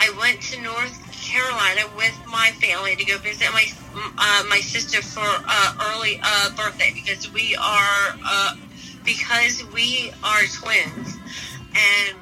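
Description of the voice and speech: Adult woman with aphasia and a traumatic brain injury, a stroke survivor, speaking while ill with COVID-19. Her speech has a word repetition and hesitant pauses.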